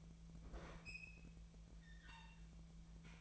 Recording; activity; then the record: daily activity, microphone in the room; open fridge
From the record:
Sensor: 1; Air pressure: 1009.7 hPa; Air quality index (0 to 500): 191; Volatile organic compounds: 18 ppm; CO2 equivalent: 2620 ppm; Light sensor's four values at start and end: 33/85/35/43 and 33/84/35/43